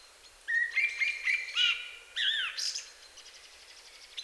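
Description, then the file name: Common blackbird singing a run of low, mellow fluted notes that climbs into a sharp, squeaky high flourish before fading to quiet twitters. "Turdus merula"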